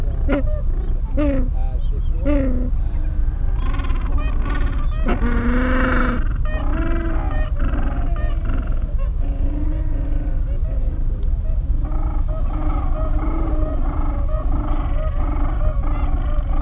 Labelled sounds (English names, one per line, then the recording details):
Gentoo Penguin
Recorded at the colony at Neko Harbor, Antarctica, on 26 January 2015
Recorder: Song Meter SM2+